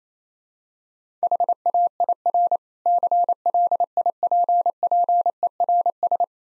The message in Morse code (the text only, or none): HAIR CLIPPERS